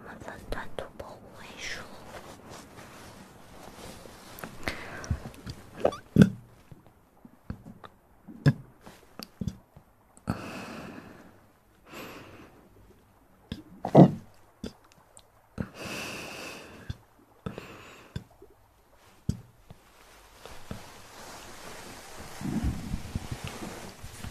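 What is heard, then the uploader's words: Mouth sounds come in irregular bursts of snorts, sniffs, gasps and clicks, with loud sharp spikes near 6, 14 and 16 seconds between quiet pauses. Mouth Sounds.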